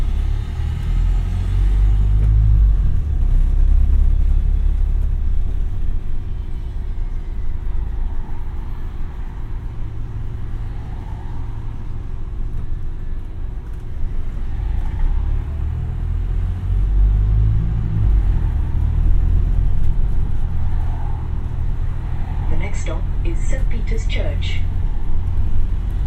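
Inside a city bus on the move, a deep engine rumble fills the clip, swelling and easing as the vehicle pulls away and slows. A faint steady whine runs underneath, and around 23 seconds a quick series of bright electronic beeps sounds.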